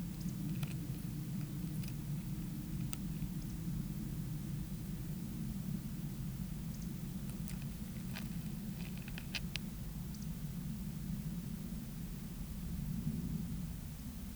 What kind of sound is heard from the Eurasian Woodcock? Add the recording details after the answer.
whistle. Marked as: whistle, whistle, whistle, whistle, whistle. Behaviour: display flight. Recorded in Baden-Württemberg, Germany, on 11 June 2021 at 20:17 UTC. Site 24606, 635 m above sea level